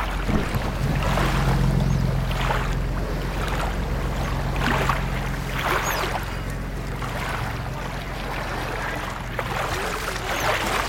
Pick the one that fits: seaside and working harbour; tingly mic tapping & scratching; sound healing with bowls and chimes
seaside and working harbour